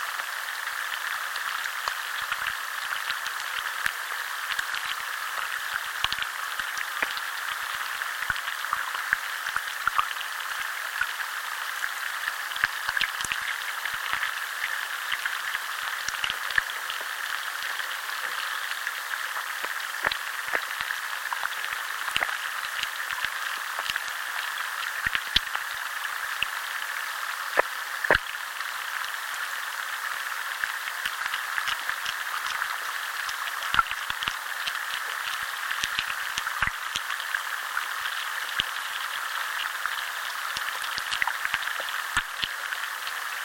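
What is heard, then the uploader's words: Underwater sounds from a chalk river: a steady hiss sits in the middle range, thick with rapid crackling and ticking. Sharper clicks and taps pop out irregularly throughout the whole stretch, with nothing deep or low underneath. The mysterious sounds of underwater life, here recorded in a chalk river in southern England.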